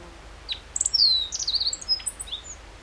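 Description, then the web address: Meadow bunting singing one fast, high-pitched phrase of twittering notes, with downward slides and sharp chips mixed together. Recorded 14 June 2012. "June 14 2012 E cioides KBGD"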